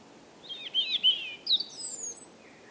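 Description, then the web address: European robin song phrase: a high, liquid warble of twisting, sliding notes that climbs into thin, very high whistles and then fades out, with light background hiss. "Deverinetal 2025 File origin Bird Only Er Ru"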